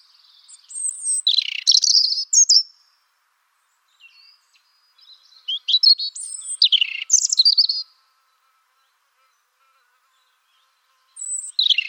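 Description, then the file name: European robin delivering high, liquid warbled phrases with descending slurs and thin whistles, then a long silent gap before a final short phrase begins. "Erithacus rubecula"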